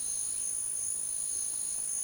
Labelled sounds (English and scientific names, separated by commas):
none